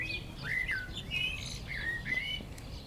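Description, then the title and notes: Common blackbird giving a brief run of clear, slurred whistled notes, rising and falling, over a low steady rumble. Song from a bird perched atop a tree in Châtillon village, Chindrieux, France; Zoom H4n Pro recorder placed upright on the ground, preamp level 100. "1004 Rte de Châtillon, 73310 Chindrieux, France - Un merle au village. Un merle perché au sommet d'un arbre chante dans le village de Châtillon"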